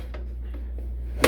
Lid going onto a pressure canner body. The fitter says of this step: get the lid on locks into place